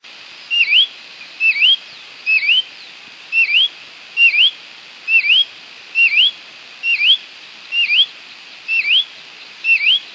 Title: LuckyPassaro Completos2Sama. Green-backed Becard (Pachyramphus viridis)